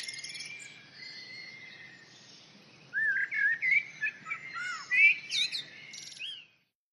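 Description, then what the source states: Common blackbird song: a mellow, fluting warbled phrase from about three seconds, rising and falling, ending in higher squeaky notes. Recorded in the UK.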